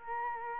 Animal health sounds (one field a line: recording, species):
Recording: mosquito wingbeat signal from an infrared sensor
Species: Culex quinquefasciatus